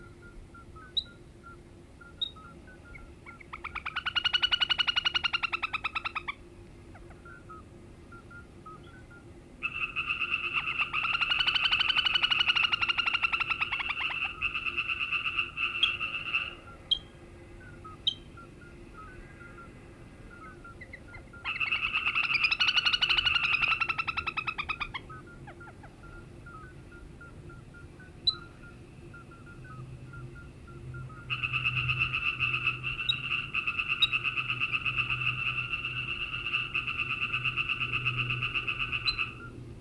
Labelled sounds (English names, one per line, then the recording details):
Little Grebe call
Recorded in the wild
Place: Wieseck, DE
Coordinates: 50.6328, 8.72694
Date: 1965-06-21
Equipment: Uher Report 4000, AKG D190
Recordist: Krey, Winfried